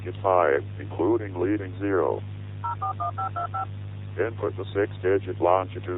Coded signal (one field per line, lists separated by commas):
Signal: DTMF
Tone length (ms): 110 ms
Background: speech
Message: 041525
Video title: EAS Scenario: The Morning Of (Official Teaser)